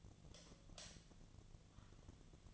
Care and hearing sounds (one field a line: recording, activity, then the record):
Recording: daily activity, microphone in the room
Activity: light off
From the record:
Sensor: 4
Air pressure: 1010.6 hPa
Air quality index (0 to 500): 172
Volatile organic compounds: 5 ppm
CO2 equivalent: 1752 ppm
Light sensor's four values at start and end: 38/109/43/44 and 37/108/43/43